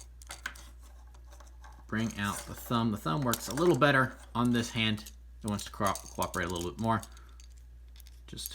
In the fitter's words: click into place